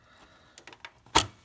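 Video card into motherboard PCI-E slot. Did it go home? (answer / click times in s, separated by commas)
no / none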